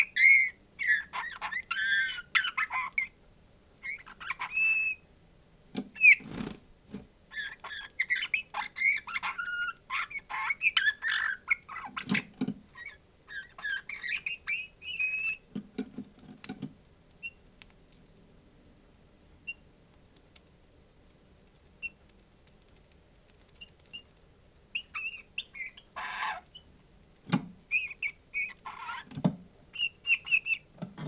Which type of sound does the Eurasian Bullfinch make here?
song